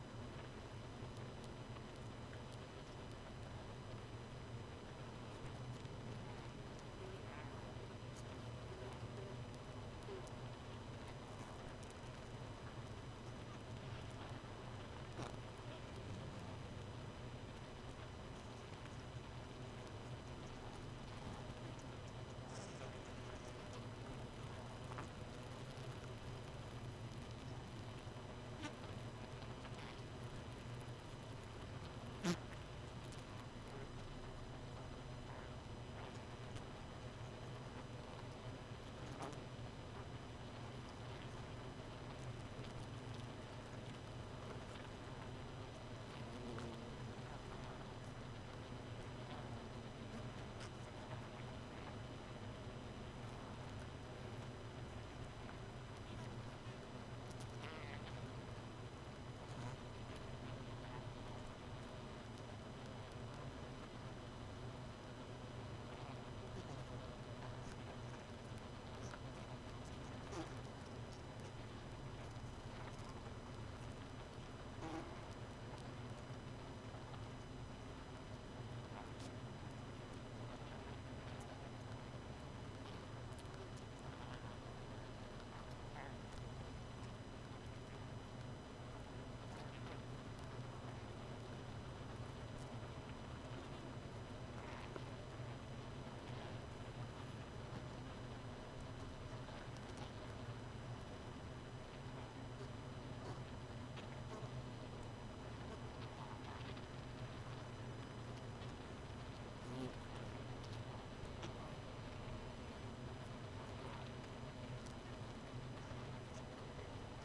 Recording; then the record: honeybee colony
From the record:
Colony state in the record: missing queen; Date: 31 May 2018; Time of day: 2:02